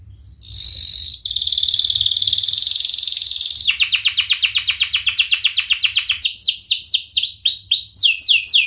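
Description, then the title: Atlantic canary song: a long, harsh buzzy trill gives way to rapid repeated chirps, then slower looping whistled syllables. Canary in full, lively song (gacor) with its best 'cengkok' phrasing and richly filled 'isian' song; from the Indonesian songbird-keeping hobby. "Kenari Gacor Cengkok Terbaik Isian Paling Mewah"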